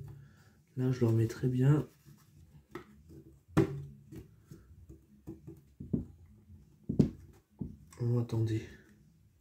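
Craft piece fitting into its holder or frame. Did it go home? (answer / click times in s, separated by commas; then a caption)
no / none. A paper craft piece is handled and pushed back toward its place in its holder or frame while someone talks, with brief soft taps and paper rustles between the words, the sharpest at about 3.6 seconds. Nothing has seated or clicked yet.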